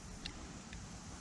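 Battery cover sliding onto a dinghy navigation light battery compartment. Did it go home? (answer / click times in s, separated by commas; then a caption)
yes / 0.3 s, 0.7 s. A small plastic battery cover is slid onto the battery compartment of a dinghy navigation light after the batteries are put in. Two short clicks are heard at 0.3 s and 0.7 s over a steady low background hum, and the cover locks into place.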